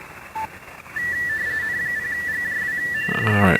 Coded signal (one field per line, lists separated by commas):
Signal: RTTY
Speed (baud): 45.45 baud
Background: speech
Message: N0GJW DE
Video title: Weekly RTTY Test and Stuff.... 08-28-2026